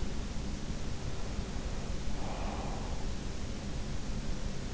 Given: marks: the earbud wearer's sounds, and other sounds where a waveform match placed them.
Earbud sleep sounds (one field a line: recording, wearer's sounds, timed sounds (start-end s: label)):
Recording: sounds in sleep by an in-ear microphone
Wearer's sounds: breath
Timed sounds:
1.92-3.01 s: breath